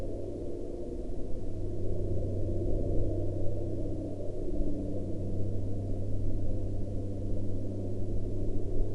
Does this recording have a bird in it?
no